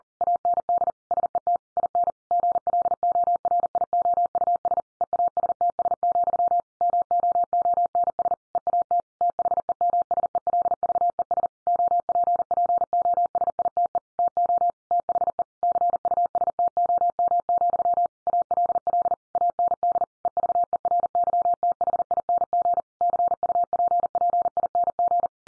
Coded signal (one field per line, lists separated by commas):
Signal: Morse code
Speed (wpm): 40 wpm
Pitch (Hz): 700 Hz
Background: none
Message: AND SET IN GLORIOUS EASTS, MOONS EAT THEMSELVES OPPOSITE TO THE CUSTOM, ALL AND EVERYTHING CUPPING